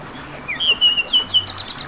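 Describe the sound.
Bird call: a short whistled note, then a quick run of high, sharp chirps repeated several times.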